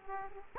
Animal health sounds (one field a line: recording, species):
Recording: mosquito wingbeat signal from an infrared sensor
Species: Aedes aegypti